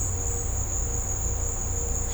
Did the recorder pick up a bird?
no